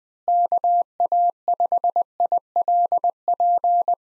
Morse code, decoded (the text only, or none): KA5ILP